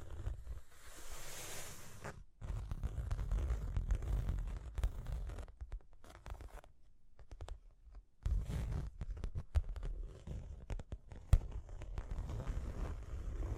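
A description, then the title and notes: Tapping and scratching sounds come in rough, uneven bursts, with a dense low rumble under scraping strokes. A soft hissing sweep opens the first two seconds, and the sound drops out briefly near 2, 6 and 8 seconds before resuming. Sharp taps stand out around 11 seconds. Tapping and Scratching (No Talking).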